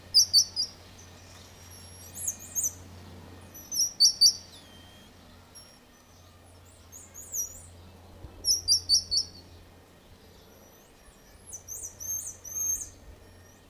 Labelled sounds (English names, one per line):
Black-mantled Tamarin